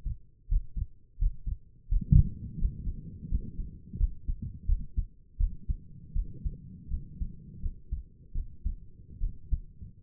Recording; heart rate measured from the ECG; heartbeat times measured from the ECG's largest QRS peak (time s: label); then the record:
heart sounds by stethoscope; 83 bpm
0.49 s: heartbeat
1.19 s: heartbeat
1.89 s: heartbeat
2.59 s: heartbeat
3.29 s: heartbeat
3.98 s: heartbeat
4.67 s: heartbeat
5.38 s: heartbeat
6.14 s: heartbeat
6.89 s: heartbeat
7.61 s: heartbeat
8.34 s: heartbeat
9.20 s: heartbeat
From the record:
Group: healthy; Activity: Valsalva maneuver 0-2 s, rest 2-10 s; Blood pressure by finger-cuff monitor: 107/74 mmHg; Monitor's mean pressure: 83 mmHg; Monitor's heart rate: 84 bpm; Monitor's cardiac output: 6.1 L/min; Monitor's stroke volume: 72 mL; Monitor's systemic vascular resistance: 990 dyn s/cm5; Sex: female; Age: 22 years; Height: 163 cm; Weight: 67.1 kg